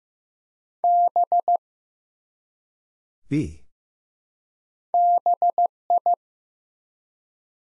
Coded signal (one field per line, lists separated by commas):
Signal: Morse code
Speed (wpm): 15 wpm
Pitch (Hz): 700 Hz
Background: none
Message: B BI